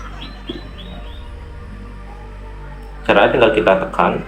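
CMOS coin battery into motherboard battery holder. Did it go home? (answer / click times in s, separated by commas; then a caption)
no / none. A CMOS coin battery is placed at the motherboard battery holder and lined up before being pressed in, while someone talks over background music. There is a low steady hum, then louder sound from about 3.1 s to the end. Nothing has seated or clicked yet.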